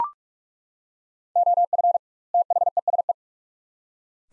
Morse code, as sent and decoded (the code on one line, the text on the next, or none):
--- ..-. / - .... . ... .
OF THESE